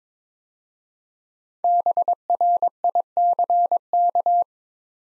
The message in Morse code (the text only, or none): BRICK